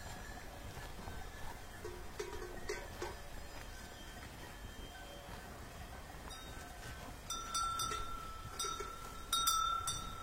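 Cows being driven along a mountain road, with a steady low rumble of movement throughout. Faint scattered clinks come in the first few seconds, then from about seven seconds crisp bells ring out more clearly, with a bright sustained tone near the end.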